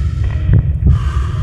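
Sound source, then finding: Heart by stethoscope. Normal heartbeat.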